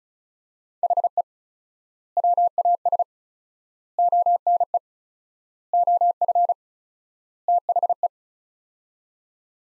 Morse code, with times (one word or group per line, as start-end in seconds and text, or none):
0.8-1.2 HE
2.2-3.0 WAS
4.0-4.8 ONE
5.7-6.5 OF
7.5-8.1 THE